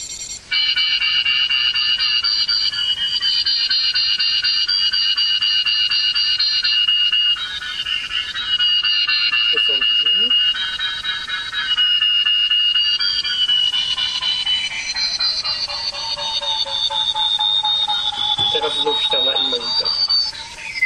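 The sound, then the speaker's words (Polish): Continuous electronic sonar tones from a KSonar (KeySonar) echolocation device switched between 2-metre and 5-metre ranges to detect objects such as a door: a dense layer of high, shifting pitched beeps and whistles that waver and change pitch throughout, loud and steady with no pauses. “Sądzę, że to wystarczy do pokazania pracy KeySonara. Dźwięki mogą wydawać się dziwne, ale rzeczywiście oddają różne obiekty.”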